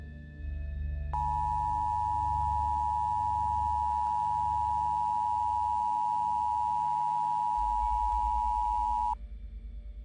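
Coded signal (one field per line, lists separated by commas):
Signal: Emergency Alert System (SAME) tones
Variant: 853 and 960 Hz attention tone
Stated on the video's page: Emergency alert forming part of a fictional SCP audio drama.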